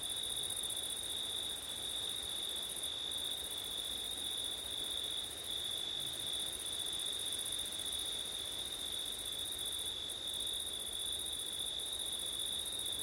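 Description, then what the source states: Crickets trilling continuously at two high pitches, the upper trill briefly stopping a few times, with steady wind rushing throughout. Crickets on a windy September night, ORTF stereo microphone setup.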